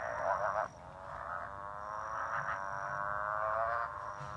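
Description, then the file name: Motorbike frog giving a long, buzzy, engine-like call that climbs slightly in pitch after a short opening burst, with a thin high whine in the background. "Motorbike Frogs Call Sean Mack"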